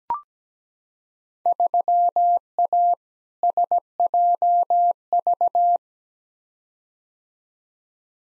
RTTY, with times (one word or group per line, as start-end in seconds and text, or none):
none